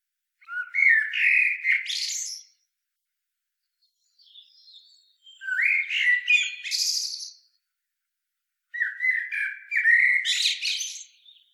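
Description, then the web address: Common blackbird singing three separate phrases, each a short fluted warble rising into a thin scratchy flourish, with quiet gaps between them. "SETE Turdus merula"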